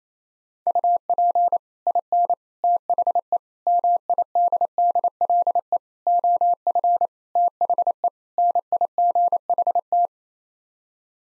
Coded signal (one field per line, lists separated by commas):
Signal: Morse code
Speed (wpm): 28 wpm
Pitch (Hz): 700 Hz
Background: none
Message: UP IN THE MIDDLE OF THE NIGHT